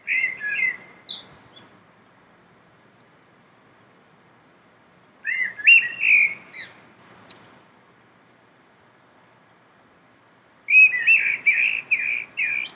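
Common blackbird singing mellow whistled phrases that finish in thin, high flourishes, with three phrases separated by long pauses.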